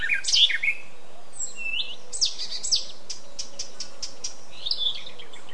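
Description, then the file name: Eurasian blackcap song: a busy jumble of chattering and whistled notes over a few seconds. "Sylvia atricapilla"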